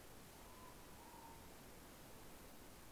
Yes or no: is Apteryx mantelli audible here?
no